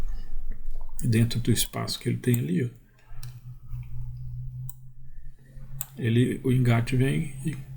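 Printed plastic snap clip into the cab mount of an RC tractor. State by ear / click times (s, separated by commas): not seated / none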